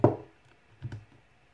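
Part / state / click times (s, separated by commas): headphone jack plug into smartphone audio socket / not seated / none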